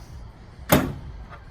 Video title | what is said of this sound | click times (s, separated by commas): VW Amarok V6 & Mercedes X-Class Pickup Truck Customisation Accessories Walkaround | Locks into place on a catch on there as well. | 0.7 s